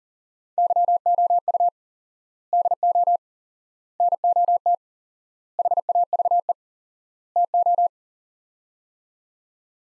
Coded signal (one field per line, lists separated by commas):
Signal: Morse code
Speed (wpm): 40 wpm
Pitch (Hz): 700 Hz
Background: none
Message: YOU DO NOT HAVE TO